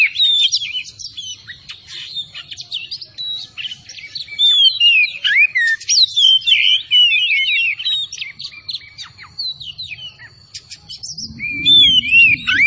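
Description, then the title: Oriental magpie-robin in full song, a dense stream of varied whistles, trills and slurred notes, with a low rumbling noise near the end. Singing vigorously (gacor); Tretes. "Kacer Tretes Gacor"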